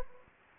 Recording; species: mosquito wingbeat signal from an infrared sensor; Anopheles gambiae